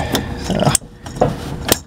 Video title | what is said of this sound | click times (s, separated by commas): 1999 Saturn SL2 Fuel Pump Replacement - Saturn Saga | So, there you go. You just hear it click. Boom, it's in. | 0.8 s